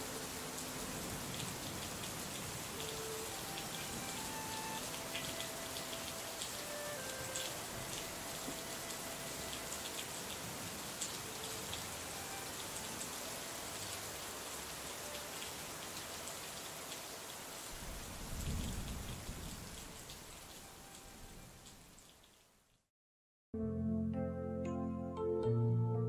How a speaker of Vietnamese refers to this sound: Bên ngoài trời vẫn mưa như trút.